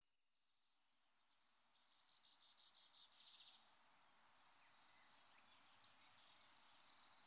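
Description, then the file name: Short-toed treecreeper song: two short, high-pitched phrases of quick, clipped notes that rise toward the end, separated by several seconds of faint, thin twittering. "Grimpereau des jardins"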